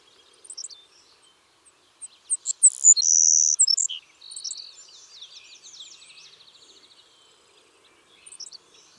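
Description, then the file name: Savannah sparrow song: a few sharp high chips, then a long, loud, insect-like buzz and softer, lower buzzy notes, followed by a few faint chips. "Passerculus sandwichensis - Savannah Sparrow"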